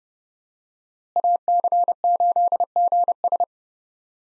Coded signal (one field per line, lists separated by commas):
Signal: Morse code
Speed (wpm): 30 wpm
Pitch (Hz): 700 Hz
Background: none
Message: AC8GS